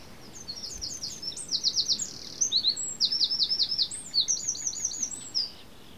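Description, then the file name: Eurasian wren with an energetic high song of quick chips and rolling trills, building over about five seconds before stopping. "Troglodytes troglodytes"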